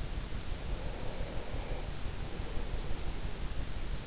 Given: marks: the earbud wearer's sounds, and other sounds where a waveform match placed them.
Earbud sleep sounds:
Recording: sounds in sleep by an in-ear microphone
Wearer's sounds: breath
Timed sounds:
0.68-3.39 s: breath

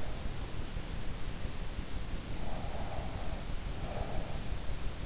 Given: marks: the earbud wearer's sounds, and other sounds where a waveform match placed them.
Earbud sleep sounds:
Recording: sounds in sleep by an in-ear microphone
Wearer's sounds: breath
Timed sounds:
2.38-4.26 s: breath

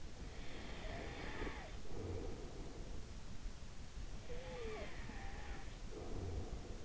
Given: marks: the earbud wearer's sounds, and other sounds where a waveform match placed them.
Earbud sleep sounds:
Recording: sounds in sleep by an in-ear microphone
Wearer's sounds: breath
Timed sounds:
0.39-3.11 s: breath
4.14-6.85 s: breath

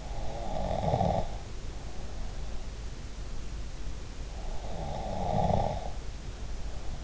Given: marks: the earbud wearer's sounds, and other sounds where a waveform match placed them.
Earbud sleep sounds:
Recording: sounds in sleep by an in-ear microphone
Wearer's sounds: snoring breath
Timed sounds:
0.06-2.51 s: snoring breath
4.43-7.04 s: snoring breath

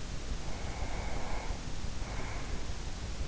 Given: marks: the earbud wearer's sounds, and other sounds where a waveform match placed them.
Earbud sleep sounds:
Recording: sounds in sleep by an in-ear microphone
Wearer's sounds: breath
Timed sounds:
0.26-3.04 s: breath

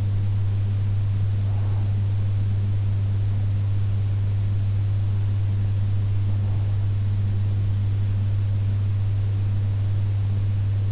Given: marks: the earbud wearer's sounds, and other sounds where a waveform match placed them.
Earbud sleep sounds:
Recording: sounds in sleep by an in-ear microphone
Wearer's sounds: breath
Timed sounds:
0.95-2.95 s: breath

